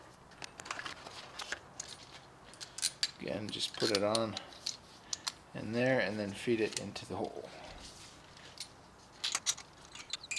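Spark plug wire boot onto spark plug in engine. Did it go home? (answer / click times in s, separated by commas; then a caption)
no / none. A rubber spark plug wire boot with its metal clip is being handled and fed into the plug well of a Ford Focus engine, toward the spark plug terminal. Scattered short metallic ticks and taps run through the clip while someone talks. The boot has not gone home yet, and nothing has seated or clicked onto the plug.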